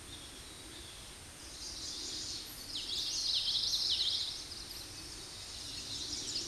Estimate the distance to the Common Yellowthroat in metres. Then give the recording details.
about 20 m. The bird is about level with the microphone. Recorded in a Pennsylvania forest on 16 May 2024 at 09:57. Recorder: AudioMoth, point MSD-2320. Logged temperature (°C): 12.8 °C. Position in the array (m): 230 m, 181 m